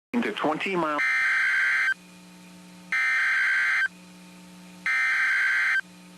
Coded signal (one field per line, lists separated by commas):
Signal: Emergency Alert System (SAME) tones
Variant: header bursts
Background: speech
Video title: Tornado Warning for Bell, TX (EAS #96)